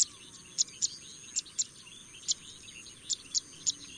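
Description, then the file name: Paddyfield pipit giving sharp, high chipping notes at irregular intervals, roughly nine in four seconds, over a steady high insect whine. "suara burung apung tanah"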